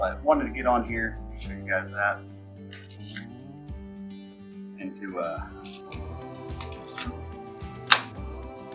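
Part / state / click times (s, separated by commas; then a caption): fixed-blade knife into its sheath / seated / 7.9 s. Someone talks over background music while a new fixed-blade knife is pushed into its sheath. It locks in with one sharp snap at 7.9 s, and the knife is seated firmly and won't come loose.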